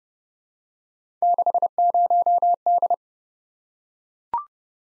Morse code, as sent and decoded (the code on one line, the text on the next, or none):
-.... ----- -..
60D